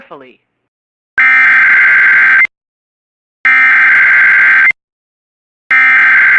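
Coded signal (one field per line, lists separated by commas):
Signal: Emergency Alert System (SAME) tones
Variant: header bursts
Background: speech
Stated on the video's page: Relays of weather alerts recorded from WJON-IP Weatherscan on MyTuner Radio, with valid EAS tones.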